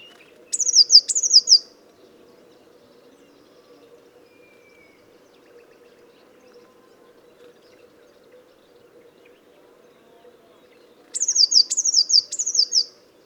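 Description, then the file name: Eurasian blue tit calling with short runs of thin, very high notes, each dropping in pitch, one burst at the start and another about ten seconds later, over a faint low hum. "Cyanistes caeruleus"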